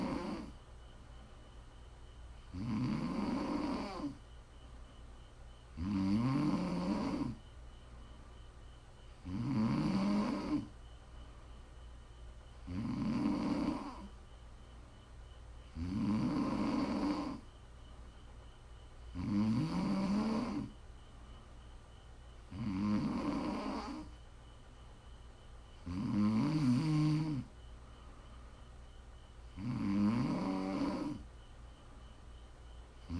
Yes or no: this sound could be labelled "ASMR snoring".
yes